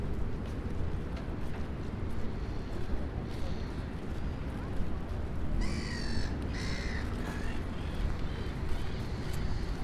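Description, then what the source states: Crow cawing: two harsh, hoarse caws midway through, over a steady low rumble. Crows in the Jardin des Tuileries, Paris.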